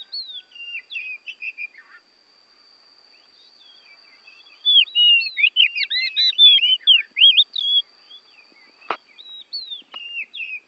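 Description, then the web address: Oriental magpie-robin singing a varied run of clear whistled slurs and chirps, rising and falling notes, fuller and faster in the second half with a few sharp clicks. Bornean form, used for training songbirds. "kacer borneo. masteran kacer"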